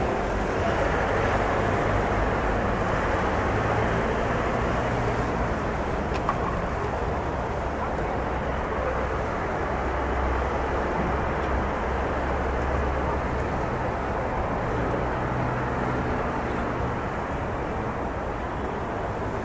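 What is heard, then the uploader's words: A city at night in France, filled with a steady, dense rumble of traffic that stays even for the whole stretch. Low engine drones rise and fall slowly underneath, while a soft hiss sits on top, with no sharp events standing out. This is a podcast of ambient sounds from the city of France at night.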